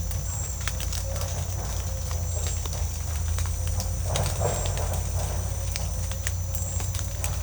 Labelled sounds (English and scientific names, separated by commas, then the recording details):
none
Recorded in secondary vegetation near Puerto Asís, Putumayo, Colombia, on 16 December 2024 at 17:30
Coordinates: 0.499, -76.323
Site G010